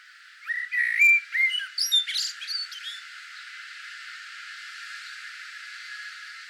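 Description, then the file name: Common blackbird song: one phrase of clear whistled notes and high chirps lasting about two seconds, then only a steady background hiss. "Turdus merula"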